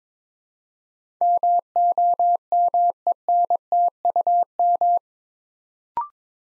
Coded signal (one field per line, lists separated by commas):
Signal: Morse code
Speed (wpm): 21 wpm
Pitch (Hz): 700 Hz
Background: none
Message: MOMENTUM